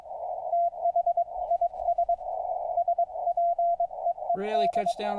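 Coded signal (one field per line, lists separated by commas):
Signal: Morse code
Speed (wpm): 22 wpm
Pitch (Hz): 690 Hz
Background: speech, radio noise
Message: THIS SPEED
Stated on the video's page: CW received through a regular communications speaker compared with a homemade tuned CW speaker.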